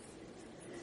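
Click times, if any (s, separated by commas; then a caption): none. A folding section of a plastic Y-Wing transforming toy figure is being flipped down toward its snapped position. Only a steady, even broadband hiss is heard with no distinct hit. Nothing has seated or clicked yet.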